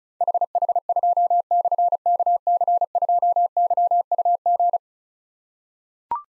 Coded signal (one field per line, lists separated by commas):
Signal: Morse code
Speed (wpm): 36 wpm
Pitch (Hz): 700 Hz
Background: none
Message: HH2/KC2YUG